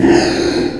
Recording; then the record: squeal of a Yucatan mini pig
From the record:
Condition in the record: before surgery on the right vocal fold (resection and tissue-engineered implant); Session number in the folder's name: 2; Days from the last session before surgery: -15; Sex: female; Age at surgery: 19 weeks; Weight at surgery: 25 kg